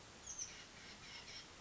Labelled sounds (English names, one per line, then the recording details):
Oak Titmouse
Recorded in Sonoma County, California